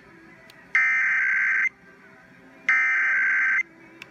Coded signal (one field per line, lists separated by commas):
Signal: Emergency Alert System (SAME) tones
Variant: header bursts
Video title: PA Required Monthly Test (1/24/19)